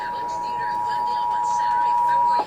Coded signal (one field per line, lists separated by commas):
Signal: Emergency Alert System (SAME) tones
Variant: 853 and 960 Hz attention tone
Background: speech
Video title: EAS N/A - N/A | Kern & LA County RMTs w/@theM12 (12/31/24)